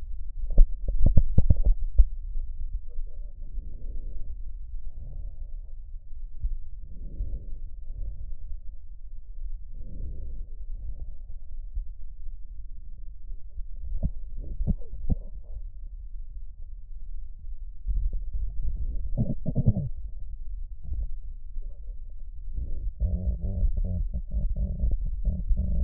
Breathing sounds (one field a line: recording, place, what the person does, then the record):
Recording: lung sounds by stethoscope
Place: left posterior apical chest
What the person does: quiet breathing, then cough and speech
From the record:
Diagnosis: COPD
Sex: female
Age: 72 years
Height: 156 cm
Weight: 72 kg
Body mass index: 29.6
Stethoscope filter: extended mode